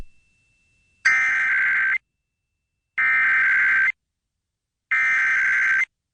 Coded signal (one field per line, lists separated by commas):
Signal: Emergency Alert System (SAME) tones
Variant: header bursts